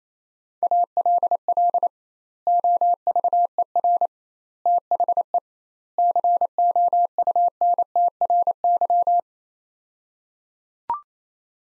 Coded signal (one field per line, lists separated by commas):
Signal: Morse code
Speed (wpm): 28 wpm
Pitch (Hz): 700 Hz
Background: none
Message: ALL OVER THE COUNTRY